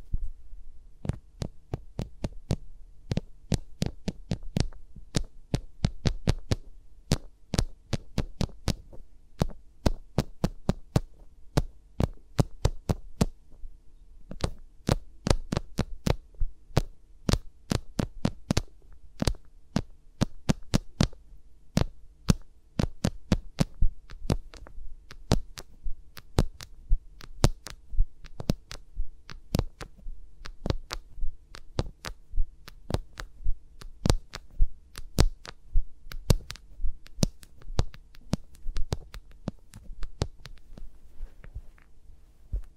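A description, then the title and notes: Fingers rub and tap against microphones, with no talking. Sharp clicks and soft thumps come in quick, uneven bursts for the full length, some sounding like a muffled heartbeat, over a faint steady low hum. ASMR with Mics Around My Fingers (No Talking).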